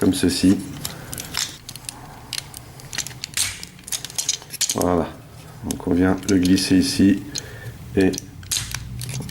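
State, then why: Seated. A plastic add-on piece from a transforming robot figure's upgrade kit is slid into place on the toy, with small plastic clicks, handling taps and someone talking. The piece clips in with a sharp snap at 8.5 s.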